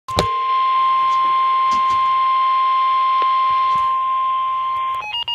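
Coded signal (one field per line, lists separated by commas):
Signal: Emergency Alert System (SAME) tones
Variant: 1050 Hz attention tone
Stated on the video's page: Severe thunderstorm warning received on NOAA Weather Radio and two FM stations.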